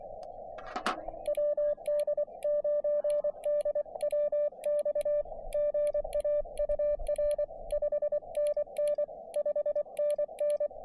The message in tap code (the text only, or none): none